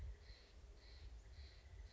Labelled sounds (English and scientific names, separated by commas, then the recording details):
Steller's Jay (Cyanocitta stelleri)
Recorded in Sonoma County, California